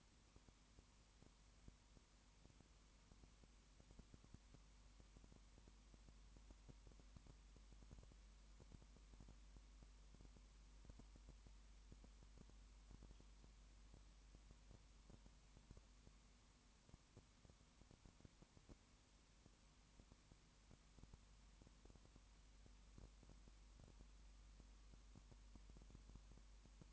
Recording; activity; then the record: daily activity, microphone in the room; no activity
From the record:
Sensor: 1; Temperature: 19.7 degrees Celsius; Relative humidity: 40.5%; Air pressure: 1010.6 hPa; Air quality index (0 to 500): 208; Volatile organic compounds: 55 ppm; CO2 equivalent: 3361 ppm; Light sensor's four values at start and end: 1/2/1/1 and 1/2/1/1